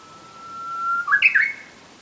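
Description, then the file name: Japanese bush warbler song: a long pure whistle, then an abrupt bright warbled flourish of several quick notes, fading out. "uguisu"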